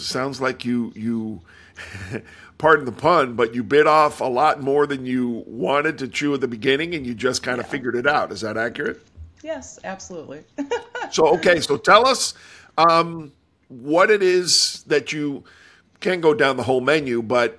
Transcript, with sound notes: Sounds like you—pardon the pun, but you bit off a lot more than you wanted to chew at the beginning, and you just kind of figured it out. Is that accurate?
Yes, absolutely. (laughing)
So, okay, so tell us what it is that you—can’t go down the whole menu, but